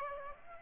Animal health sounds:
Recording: mosquito wingbeat signal from an infrared sensor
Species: Aedes aegypti

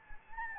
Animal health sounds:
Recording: mosquito wingbeat signal from an infrared sensor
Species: Anopheles gambiae

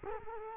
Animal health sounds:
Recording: mosquito wingbeat signal from an infrared sensor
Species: Culex quinquefasciatus

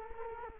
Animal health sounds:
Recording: mosquito wingbeat signal from an infrared sensor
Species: Culex quinquefasciatus

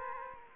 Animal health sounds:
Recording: mosquito wingbeat signal from an infrared sensor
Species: Aedes aegypti

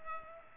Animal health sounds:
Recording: mosquito wingbeat signal from an infrared sensor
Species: Culex pipiens

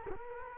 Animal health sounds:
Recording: mosquito wingbeat signal from an infrared sensor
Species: Culex quinquefasciatus

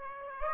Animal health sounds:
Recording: mosquito wingbeat signal from an infrared sensor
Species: Aedes aegypti

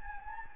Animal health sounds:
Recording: mosquito wingbeat signal from an infrared sensor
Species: Anopheles gambiae

